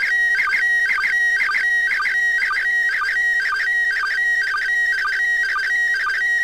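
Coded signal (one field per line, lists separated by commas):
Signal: SSTV (slow-scan television)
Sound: steady whistling tone broken about twice a second by warbling chirps with low blips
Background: distorted handheld radio audio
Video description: Using Android app Robot36 and a Baofeng UV-5R to decode Slow Scan TV images from the Internation Space Station commemorating Cosmonaut day!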